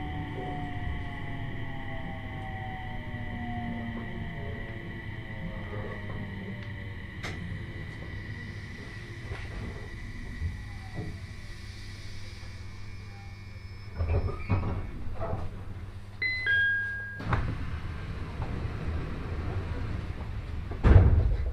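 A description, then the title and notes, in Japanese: A train ride on the Joban Line, heard as a steady low rumble with long sustained whining tones sliding slowly in pitch. Short clicks and knocks come now and then, louder thumps cluster around fourteen to seventeen seconds, and a sharp bang lands near the end. 鉄道旅 常磐線 仙台→浜吉田。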